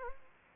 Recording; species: mosquito wingbeat signal from an infrared sensor; Anopheles gambiae